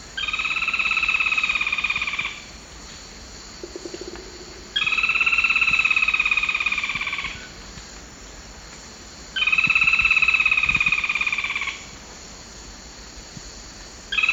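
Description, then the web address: Olive-backed foliage-gleaner song: a rapid dry rattle of about two and a half seconds, repeated three times at intervals of roughly four and a half seconds, with a fourth starting at the end. Recorded in the eastern lowlands of South America. "ENTER Music and Audio. Nature Songs S America Eastern Lowlands. Olive-backed Foliage-gleaner"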